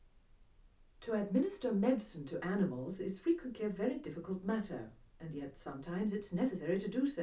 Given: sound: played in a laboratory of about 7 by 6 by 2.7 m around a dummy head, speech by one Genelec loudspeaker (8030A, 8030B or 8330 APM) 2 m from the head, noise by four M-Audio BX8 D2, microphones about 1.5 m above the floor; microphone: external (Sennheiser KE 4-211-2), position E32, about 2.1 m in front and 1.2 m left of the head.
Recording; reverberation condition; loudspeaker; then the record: female speech in English; low; 150 degrees to the left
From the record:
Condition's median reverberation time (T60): about 310 ms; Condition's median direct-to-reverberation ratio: about 3.5 dB